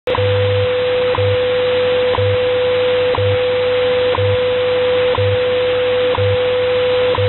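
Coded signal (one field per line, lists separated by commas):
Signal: radio time signal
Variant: WWV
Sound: steady mid tone broken by a sharp tick every second, low buzzing pulses underneath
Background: radio static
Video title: 17 04 2014 WWV Fort Collins, Colorado 1105 on 25 MHz via SDR in MidState, NY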